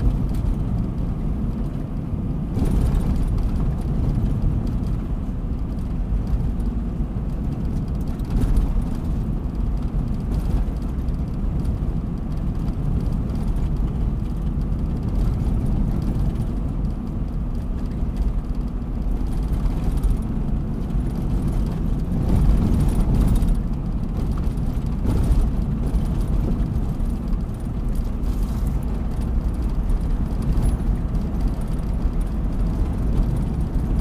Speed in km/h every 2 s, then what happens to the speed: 63, 62, 62, 59, 59, 59, 59, 59, 60, 60, 60, 60, 59, 60, 58, 60, 61.
0-34 steady at about 60.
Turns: none.